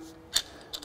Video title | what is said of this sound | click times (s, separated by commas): Schweißkraft Zubehörprogramm | man hört die klickt dann sofort ein und spannt sofort um | 0.4 s, 0.8 s